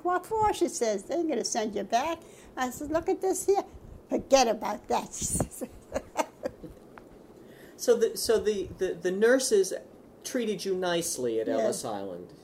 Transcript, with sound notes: "What for," she says. "They ain't going to send you back." I says, "Look at this here." "Forget about that!" she says [laughs]
So the nurses treated you nicely at Ellis Island?